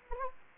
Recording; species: mosquito wingbeat signal from an infrared sensor; Anopheles gambiae